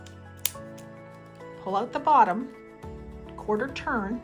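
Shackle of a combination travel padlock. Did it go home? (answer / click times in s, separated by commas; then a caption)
yes / 0.5 s. The metal shackle of a Pacsafe Prosafe 1000 combination travel padlock is pushed closed into the lock body before a code reset, giving a sharp, loud click at 0.5 s as the shackle latches shut. Afterward someone talks over background music.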